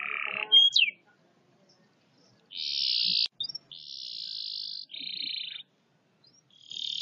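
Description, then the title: Canary giving a buzzy roll and a short swept whistle, then after a pause several sustained buzzy phrases at differing pitches. "Kenari"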